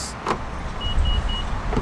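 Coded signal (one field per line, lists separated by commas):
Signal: none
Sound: car lock confirmation beeps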